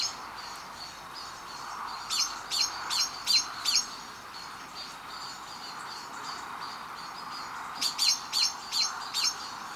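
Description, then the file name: Common blackbird calling with clipped, high chink notes, two groups of about five spaced several seconds apart, steady hiss beneath. "Turdus merula"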